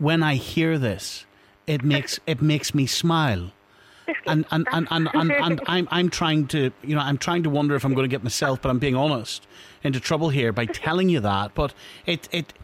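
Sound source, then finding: Adult male interviewer. Normal speech.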